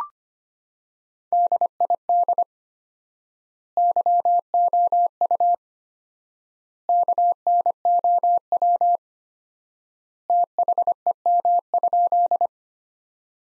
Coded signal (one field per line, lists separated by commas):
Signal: Morse code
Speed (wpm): 25 wpm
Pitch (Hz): 700 Hz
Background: none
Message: DID YOU KNOW THEM?